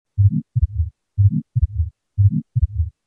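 Atrial septal defect heard by stethoscope over an adult heart: three low-pitched, regular beats about one per second, each a heart sound followed by a soft murmur and a split second sound.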